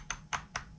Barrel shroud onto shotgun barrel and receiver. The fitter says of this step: yes that's sticking back into position so that the detent locks the barrel shroud in place